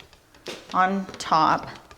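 Someone holds the top half of a plastic beehive foundation frame over its bottom half while someone talks, with a few faint handling taps near the start. The halves are meant to snap together, but nothing has seated or clicked yet by the end of the clip.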